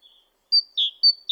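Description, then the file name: Great tit giving two bright, high-then-lower note pairs in quick succession, following a soft thin note. "Parus major"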